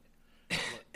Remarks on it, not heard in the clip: I've been getting over this nasty cough. Sounds a little rough. Wetness in there. I should stop smoking.